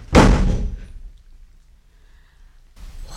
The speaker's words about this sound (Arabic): وأغلق عليه الباب